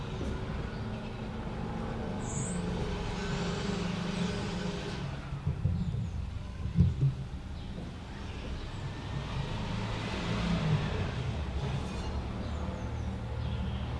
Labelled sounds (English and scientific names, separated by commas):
Common Chiffchaff (Phylloscopus collybita) song